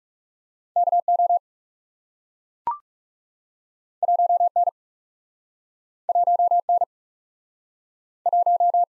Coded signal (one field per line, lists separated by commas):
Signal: Morse code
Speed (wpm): 38 wpm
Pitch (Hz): 700 Hz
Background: none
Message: K O 1 N 1 N 1